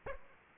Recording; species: mosquito wingbeat signal from an infrared sensor; Aedes aegypti